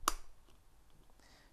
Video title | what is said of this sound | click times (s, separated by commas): Cardo PACKTALK Bold: Complete Tutorial | then press firmly on the backside until you hear that click | 0.1 s